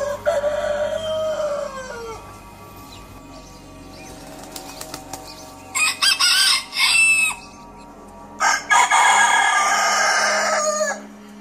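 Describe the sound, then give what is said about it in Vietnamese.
A rooster crows several times in a row during a spell of continuous crowing lasting five to ten minutes, each call a shrill, drawn-out cock-a-doodle-doo, with a burst of wing flapping and some clucking between the crows. “Nằm ngủ một lúc thì mình bị đánh thức bởi tiếng gà gáy.”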